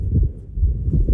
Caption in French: La forme d'arythmie la plus fréquente, c'est ce qu'on appelle la fibrillation auriculaire. C'est totalement irrégulier. C'est une sorte d'orage électrique, oui, où le cœur va s'emballer et se contracter de façon totalement anarchique.